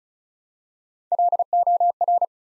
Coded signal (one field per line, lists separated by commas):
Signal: Morse code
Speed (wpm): 36 wpm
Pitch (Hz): 700 Hz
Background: none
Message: LOR